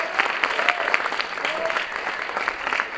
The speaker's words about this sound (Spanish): Un aplauso de él, por favor.